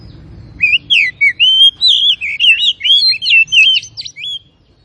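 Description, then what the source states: Oriental magpie-robin singing one continuous phrase of sweet, wavering whistles with quick trills, ending abruptly. Known locally as kacer; labelled Tretes; described as gacor, singing actively and continuously.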